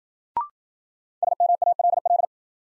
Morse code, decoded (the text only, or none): SMALL